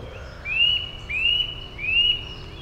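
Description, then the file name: Eurasian nuthatch giving three long, clear whistled notes that slur upward and hold, repeated steadily against a soft background hiss. "Sitta europaea"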